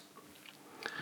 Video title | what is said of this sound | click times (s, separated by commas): Gamo PT-85 CO2 Pellet Pistol - Table Top Review (4K) | once it's clicked we're good to go | 0.9 s